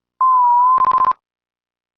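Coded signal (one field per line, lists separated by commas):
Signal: none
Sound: cartoon sound effect beeps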